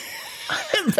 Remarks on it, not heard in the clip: You couldn't hear that cough, could you? I had to clear the passage.